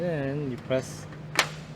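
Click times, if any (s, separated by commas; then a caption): 1.4 s. A parking sensor holder for a 2015-2020 Ford F150 Lariat is lined up with the small slots on the truck fender and pressed in while someone talks. It seats with a single sharp click at 1.4 s.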